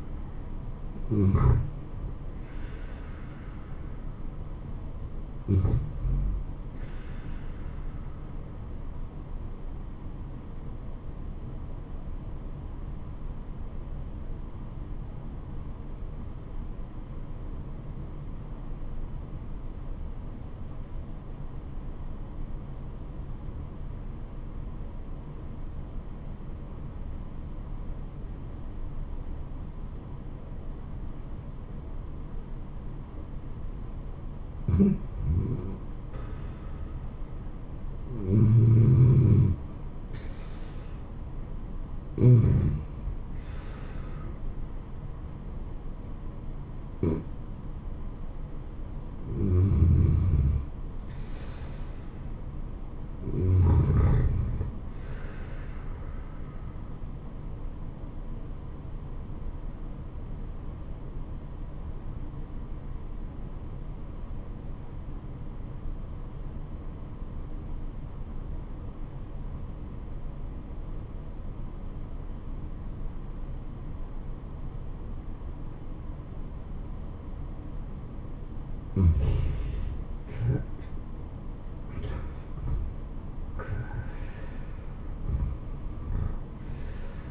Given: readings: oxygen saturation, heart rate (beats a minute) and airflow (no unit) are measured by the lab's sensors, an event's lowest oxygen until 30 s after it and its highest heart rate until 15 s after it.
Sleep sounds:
breathing in sleep by a smartphone at the bedside; 2
13.00-35.30 s: obstructive apnea (N2, oxygen 96% highest, then 84% lowest, heart rate 74 at the start, 78 highest)
61.00-81.20 s: obstructive apnea (N2, oxygen 94% highest, then 85% lowest, heart rate 77 at the start, 90 highest)
From the record:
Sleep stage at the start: N2 (light sleep); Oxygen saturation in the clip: 78 to 96%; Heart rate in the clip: 63 to 90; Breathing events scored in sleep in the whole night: 426 in 7.4 hours asleep

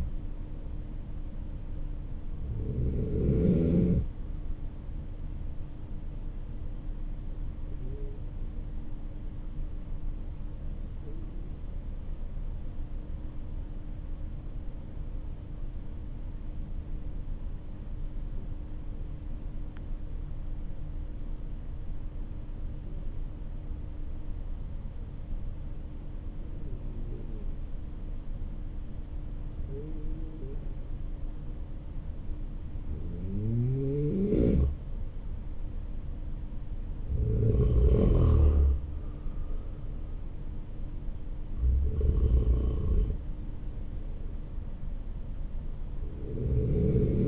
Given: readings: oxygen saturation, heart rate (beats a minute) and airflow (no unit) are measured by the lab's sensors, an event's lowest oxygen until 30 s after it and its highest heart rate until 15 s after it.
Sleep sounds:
breathing in sleep by a smartphone at the bedside; 1
4.00-47.28 s: new sleep stage, N2 (light sleep)
9.00-33.30 s: hypopnea (N2, oxygen 96% highest, then 91% lowest, heart rate 54 at the start, 57 highest)
From the record:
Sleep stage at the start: N3 (deep sleep); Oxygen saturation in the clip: 90 to 96%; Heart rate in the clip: 47 to 57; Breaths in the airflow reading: 8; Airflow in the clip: -11.0 to 10.1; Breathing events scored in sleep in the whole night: 304 in 5.6 hours asleep

